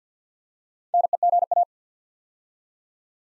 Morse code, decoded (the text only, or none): NEGA